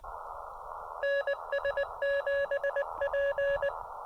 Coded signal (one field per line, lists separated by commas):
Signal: Morse code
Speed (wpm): 20 wpm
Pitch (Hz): 1700 Hz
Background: none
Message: NS7P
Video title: SOTA CW Activation of Rocky Face with the Elecraft KX2 and Chameleon MPAS 2.0 antenna